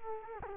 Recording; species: mosquito wingbeat signal from an infrared sensor; Culex quinquefasciatus